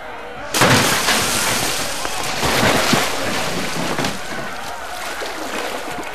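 Enemies besieging a castle throw wood and stones into its moat, a loud rush of churning water broken by repeated heavy splashes and thuds that continues steadily for several seconds after a sudden start.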